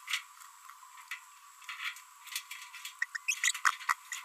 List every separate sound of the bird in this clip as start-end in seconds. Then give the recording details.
3.02-3.05, 3.15-3.17, 3.44-3.57, 3.65-3.73, 3.89-3.93, 4.12-4.15. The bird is a female. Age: 27 days. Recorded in a nest box in Venezuela. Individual 17B42B3